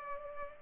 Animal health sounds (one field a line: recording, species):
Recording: mosquito wingbeat signal from an infrared sensor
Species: Culex pipiens